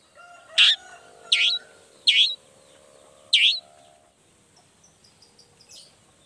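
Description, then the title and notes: Long-tailed shrike song: four loud, grating notes at irregular intervals, then a few soft high chips. Vigorous ('gacor') morning singing with 'toet toet' sound variations; presented as making any other shrike immediately answer ('nyaut') and open up its repertoire ('buka materi'). "Langsung NYAUTTTTT ! Cendet Gacor Dor Di Kala Pagi Toet Toet Variasi Suara J. Nyaut Seketika.! Cendet Gacor Pagi Hari Biangnya Bikin Cendet Manapun Langsung On Nyaut Buka Materi. Burung cendet"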